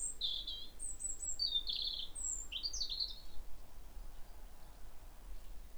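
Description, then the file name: European robin singing a string of sweet, high-pitched twittering phrases that shift in pitch, several quick notes in a row before falling quiet; low background hum throughout. "Erithacus rubecula"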